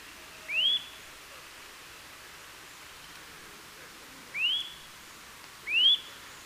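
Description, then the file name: Eurasian nuthatch calling with three bright rising whistles, one early and then two close together near the end, against a faint, even background. "Sitta europaea"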